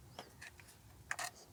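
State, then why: Seated. The plastic adjustable base plate of a Kreg Rebel 20V pocket hole jig is pulled out evenly to the 1.5 inch setting, with its two spring clips pushed in. Faint sliding scrapes and taps lead to a sharp snap at 1.1 s as the plate locks into place, followed by a softer short click at 1.6 s.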